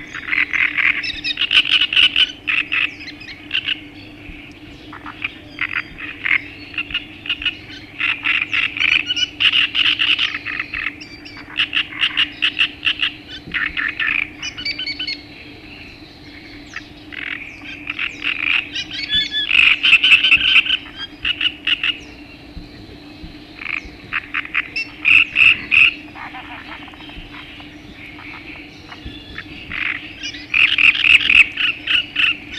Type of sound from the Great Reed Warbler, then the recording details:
song. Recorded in the wild. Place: Winden, AT. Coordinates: 47.9539, 16.7697. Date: 1972-05-02. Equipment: Uher Report 4200, AKG D190C in Doppel-Parabolreflektor. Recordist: Krey, Winfried